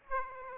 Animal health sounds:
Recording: mosquito wingbeat signal from an infrared sensor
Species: Aedes aegypti

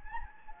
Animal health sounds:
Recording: mosquito wingbeat signal from an infrared sensor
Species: Anopheles gambiae

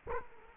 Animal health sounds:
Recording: mosquito wingbeat signal from an infrared sensor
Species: Culex quinquefasciatus

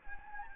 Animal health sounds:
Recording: mosquito wingbeat signal from an infrared sensor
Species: Anopheles gambiae

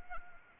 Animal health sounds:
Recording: mosquito wingbeat signal from an infrared sensor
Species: Anopheles arabiensis

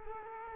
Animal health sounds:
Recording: mosquito wingbeat signal from an infrared sensor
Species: Culex quinquefasciatus

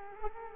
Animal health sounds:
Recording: mosquito wingbeat signal from an infrared sensor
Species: Culex quinquefasciatus

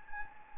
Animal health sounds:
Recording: mosquito wingbeat signal from an infrared sensor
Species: Anopheles gambiae

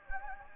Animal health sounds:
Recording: mosquito wingbeat signal from an infrared sensor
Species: Anopheles gambiae

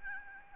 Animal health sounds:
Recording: mosquito wingbeat signal from an infrared sensor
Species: Aedes albopictus

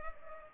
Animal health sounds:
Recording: mosquito wingbeat signal from an infrared sensor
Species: Culex pipiens

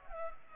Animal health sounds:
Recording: mosquito wingbeat signal from an infrared sensor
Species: Culex pipiens

